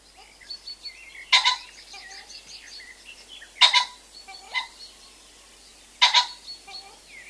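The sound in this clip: Common pheasant calling: three loud, harsh double crows about two to three seconds apart over a backdrop of thin songbird chirps.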